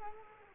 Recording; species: mosquito wingbeat signal from an infrared sensor; Culex quinquefasciatus